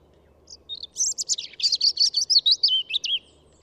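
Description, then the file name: European robin song: a thin high whistle, then a fast run of sweet, tinkling warbled notes that ends in looping, slurred whistles over a soft low hum. "Erithacus rubecula"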